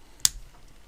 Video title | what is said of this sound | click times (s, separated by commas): Naked Gopro Hero 8 EASY TUTORIAL! Only 14g camera for your micro drone! Betafpv BEC! #DisonMini V4 | like this you hear the clicking | 0.2 s